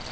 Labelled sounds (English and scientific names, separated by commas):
Grace's Warbler (Setophaga graciae) flight call